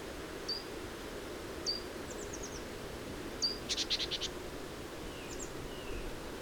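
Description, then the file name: Great tit calls: high, thin notes spaced over several seconds, with a brief dry rattling burst in the middle, over steady background noise. "Parus major"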